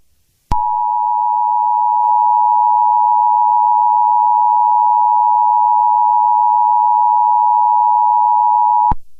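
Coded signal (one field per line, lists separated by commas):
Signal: Emergency Alert System (SAME) tones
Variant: 853 and 960 Hz attention tone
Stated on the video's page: Fictional EAS scenario made for entertainment.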